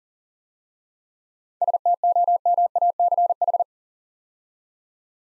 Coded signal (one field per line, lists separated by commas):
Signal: Morse code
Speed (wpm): 42 wpm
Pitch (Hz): 700 Hz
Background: none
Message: STOMACH